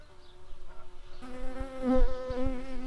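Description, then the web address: Shrill carder bee buzzing: a low droning hum with many overtones that swells louder and rougher halfway through, wavering in pitch. Workers. "Sylvarum workers"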